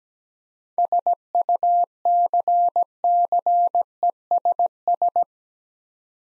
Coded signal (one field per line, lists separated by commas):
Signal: Morse code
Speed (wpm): 17 wpm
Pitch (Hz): 700 Hz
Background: none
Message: SUCCESS